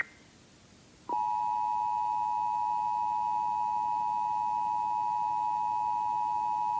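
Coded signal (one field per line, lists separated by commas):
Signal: Emergency Alert System (SAME) tones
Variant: 853 and 960 Hz attention tone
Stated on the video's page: SAME tones of a flash flood warning originated from a weather radio transmitter and relayed on a station.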